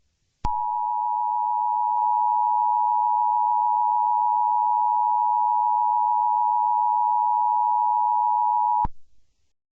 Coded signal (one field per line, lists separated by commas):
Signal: Emergency Alert System (SAME) tones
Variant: 853 and 960 Hz attention tone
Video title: EAS Scenario #6: Vaults' Awakening